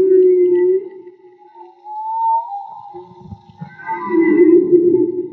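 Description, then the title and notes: Whale song: a steady moan, then a slowly rising higher tone, followed by a rough low growl with higher tonal whistles above. Whale song; field recording made with DIY hydrophones, audio cleaned afterwards. "CANTO DE BALLENAS MAGMA. Grabación de campo y construcción dehidrofonos DIY: Jorge Barco. Limpieza de audio: Santiago Minotas"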